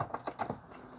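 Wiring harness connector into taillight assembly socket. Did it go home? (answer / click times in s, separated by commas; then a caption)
no / none. A plastic wiring harness connector is handled at the back of the outer taillight assembly socket on a 2007-2012 Hyundai Santa Fe, before being pushed in until it clicks. Five short, light tapping sounds come at about 0.0, 0.1, 0.3, 0.4 and 0.5 s, then it goes quiet. The connector has not seated or clicked yet.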